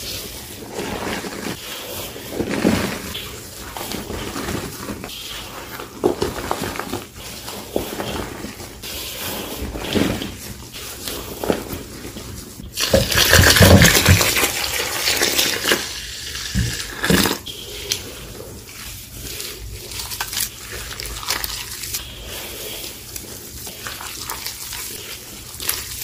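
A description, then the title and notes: Pine-Sol is poured into a steel bowl and gym chalk is crushed and mixed into a paste. Irregular scraping, crunching and wet stirring sounds come in uneven bursts, with a louder, brighter splashing stretch around 13 to 15 seconds. Pouring Pinesol into a steel bowl, crushing gym chalk into Pinesol, mixing the paste, and reforming into crispy dusty reformed gym chalk shapes.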